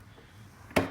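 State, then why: Not seated. A swapped center console lid on a 3rd gen 4Runner truck console is shut and comes down onto the console base with a single loud knock at about 0.8 s, after a quiet stretch. The latch fails to catch because its holes sit in the wrong place, so nothing has seated or clicked yet.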